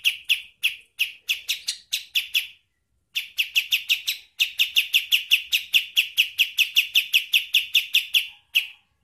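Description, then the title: Bird giving sharp repeated chip notes, about two or three per second, in two long runs split by a short pause. "Masteran Burung"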